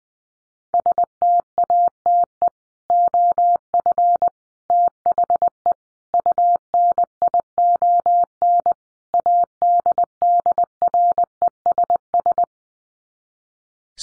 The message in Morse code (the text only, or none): STATE OF THE UNION ADDRESS